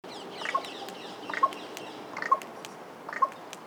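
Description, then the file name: Carrion crow calling: four short, harsh caws spaced about a second apart over steady background hiss and faint clicks. "Corvus corone"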